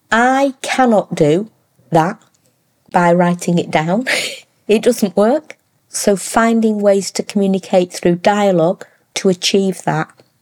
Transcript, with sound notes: I cannot do that by writing it down. [exhales] It doesn't work. So finding ways to communicate through dialogue to achieve that